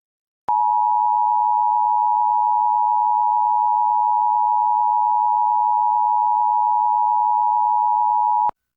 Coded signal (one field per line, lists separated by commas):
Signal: Emergency Alert System (SAME) tones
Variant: 853 and 960 Hz attention tone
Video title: EAS #1080-1081: 2 EAS Required Monthly Tests- May 13, 2025- 10:13AM PDT